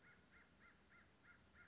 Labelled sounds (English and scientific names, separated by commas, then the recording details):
American Crow (Corvus brachyrhynchos)
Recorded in Sonoma County, California